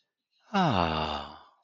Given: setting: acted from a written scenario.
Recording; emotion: vocal sound without words; serenity